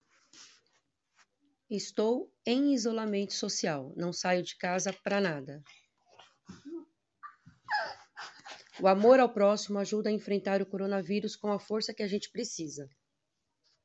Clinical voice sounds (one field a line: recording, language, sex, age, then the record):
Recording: spoken sentence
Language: Brazilian Portuguese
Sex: female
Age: 40 to 49 years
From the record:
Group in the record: control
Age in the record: 45 years